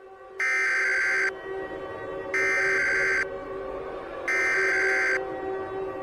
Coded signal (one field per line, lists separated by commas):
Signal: Emergency Alert System (SAME) tones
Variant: header bursts